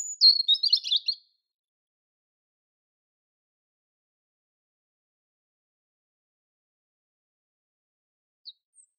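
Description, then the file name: European robin giving one brief, high twittering phrase at the start, followed by near silence with a couple of faint high notes. "Erithacus rubecula"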